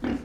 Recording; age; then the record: pig call; growing-finishing pig (85 days or more)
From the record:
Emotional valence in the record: negative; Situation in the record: barren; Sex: male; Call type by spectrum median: low-frequency call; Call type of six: low-frequency stable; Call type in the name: low-frequency stable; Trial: 3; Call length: 0.24 s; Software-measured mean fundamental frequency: 40 Hz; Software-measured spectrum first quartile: 240 Hz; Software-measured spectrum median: 331 Hz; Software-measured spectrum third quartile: 794 Hz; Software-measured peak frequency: 264 Hz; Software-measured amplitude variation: 215 dB a second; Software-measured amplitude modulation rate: 22.5 a second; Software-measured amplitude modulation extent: 9.5 dB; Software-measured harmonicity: 3.9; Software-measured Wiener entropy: -0.98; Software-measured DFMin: 828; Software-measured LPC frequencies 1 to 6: 1566, 2804, 4486, 5021, 5823, 6578 Hz